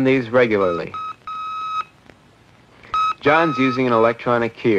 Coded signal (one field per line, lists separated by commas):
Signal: Morse code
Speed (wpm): 7 wpm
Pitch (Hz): 1270 Hz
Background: speech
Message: U R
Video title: This is Ham Radio (1970)